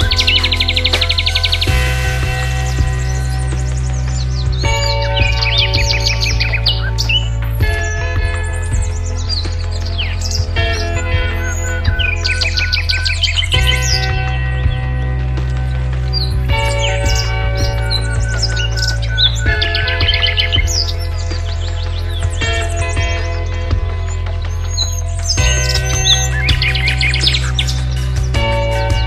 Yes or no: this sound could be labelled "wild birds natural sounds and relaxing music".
yes